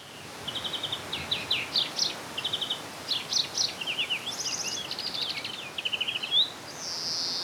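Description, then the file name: European greenfinch twittering, with quick trilled bursts of chirps in rapid series, several fast buzzy runs, and a drawn-out nasal wheeze near the end over a steady hiss. "Chloris chloris"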